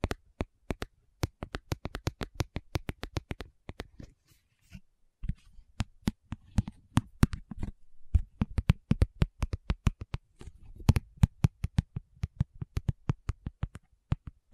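A tapping session with no talking: sharp, quick taps arrive in rapid, fairly regular runs, each click bright and crisp. Around four to five seconds the tapping thins and pauses briefly, then resumes, with a soft low rustle of hands between strikes.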